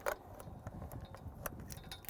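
A loaded magazine is pushed into a rifle's magazine well at a shooting range, pressed in until it should click. Sharp metallic hits at about 0.1, 1.5 and 2.1 seconds stand out over a low, rumbling handling noise. Nothing has seated or clicked yet.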